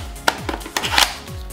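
A plastic magazine is pushed into the magwell of a Scorpion toy gel ball blaster by Oenlol, with a sharp click at 0.3 s. Softer knocks and handling clatter follow around 0.5, 0.8, 1.0 and 1.5 s, and the magazine ends up seated.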